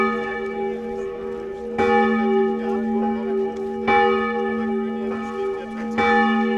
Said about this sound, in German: An der Mauergedenkstätte an der Bernauer Straße in Berlin läuten die Glocken.